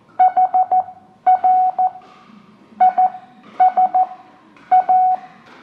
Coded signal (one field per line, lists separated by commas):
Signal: Morse code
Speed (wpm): 14 wpm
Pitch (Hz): 740 Hz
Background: none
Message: HRISA